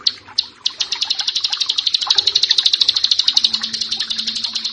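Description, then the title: Prinia song: scattered high notes building into a fast, even series of sharp chips. "Ciblek Sawah"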